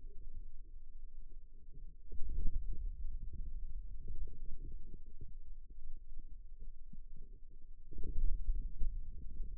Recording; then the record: forearm muscle sounds (acoustic myography)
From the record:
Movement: wrist flexion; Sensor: system 2, bracelet of six BSWA MPA416 microphones around the upper forearm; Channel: 2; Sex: male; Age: 22 years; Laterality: right